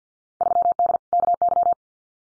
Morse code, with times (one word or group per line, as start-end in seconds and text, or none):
0.4-1.0 3D
1.1-1.7 KY